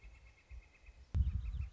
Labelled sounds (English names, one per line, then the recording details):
Northern Flicker
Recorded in Sonoma County, California